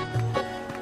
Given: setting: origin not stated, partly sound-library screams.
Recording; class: one-second piece from a danger detection set; normal situation